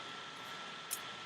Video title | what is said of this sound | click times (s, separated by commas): Wreckers Marathon Day 04 - Hunt for the Decepticons Tomahawk (Rotorstorm) | rotate them forward until they click into place | 0.9 s